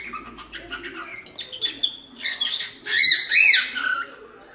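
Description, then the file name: Cockatiel chatter: rapid scratchy chirps building into a loud harsh squawking burst near the end. Lutino colour form; singing. "canto da calopsita lutino"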